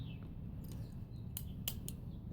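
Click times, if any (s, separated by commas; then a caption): 1.4 s, 1.7 s. The rotor of a driver door latch mechanism from a 1967 VW Bug, removed from the car, is pushed back into its closed position. Over a low steady hum, two sharp clicks ring out at 1.4 and 1.7 seconds, followed by a softer click just after and a few faint ticks earlier. The latch is seated in its closed position.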